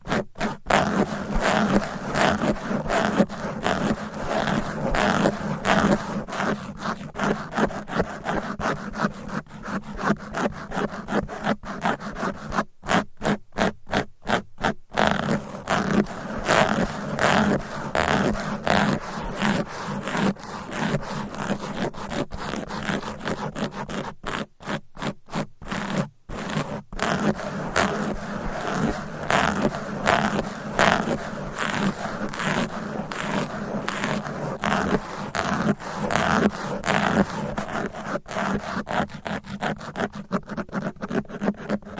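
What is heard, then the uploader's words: Fast, aggressive scratching with fingernails on microphone covers, a dense run of rapid scrapes and rubs that barely lets up for the whole stretch. The strokes are rough and gritty with a zipper-like rasp, and brief dropouts break the flow near thirteen and twenty-five seconds. ASMR Fast & Aggressive Mic Scratching with 20 DIFFERENT MICS Covers & Nails No Talking for Sleep.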